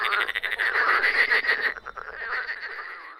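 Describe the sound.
Frogs calling in a loud pulsing chorus for under two seconds, then the croaking softens into a quieter, smoother background.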